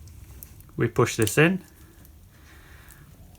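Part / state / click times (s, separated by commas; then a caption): terminal pin into motorcycle wiring connector housing / not seated / none. A crimped terminal pin with its seal firmly in place is pushed into the back of a plastic Deutsch connector housing on a Sportster Sport 1200 motorcycle wiring harness. Someone talks briefly while faint handling ticks sound at about 0.4, 0.6 and 2.9 seconds over a quiet background. Nothing has seated or clicked yet.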